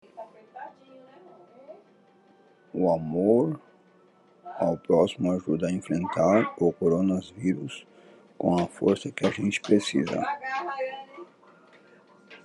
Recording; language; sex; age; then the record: spoken sentence; Brazilian Portuguese; male; 40 to 49 years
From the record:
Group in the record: control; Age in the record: 41 years